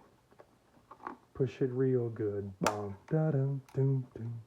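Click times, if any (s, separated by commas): none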